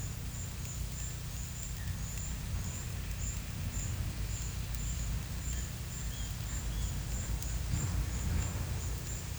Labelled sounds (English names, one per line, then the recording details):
none
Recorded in pastures near Puerto Asís, Putumayo, Colombia, on 16 December 2024 at 12:00
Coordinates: 0.472, -76.331
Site GP02